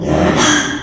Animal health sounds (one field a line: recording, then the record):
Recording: squeal of a Yucatan mini pig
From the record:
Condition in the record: after surgery on the right vocal fold (resection and tissue-engineered implant)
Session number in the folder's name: 3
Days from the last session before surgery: 33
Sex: male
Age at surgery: 12 weeks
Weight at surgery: 13 kg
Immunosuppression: cyclosporine, prednisolone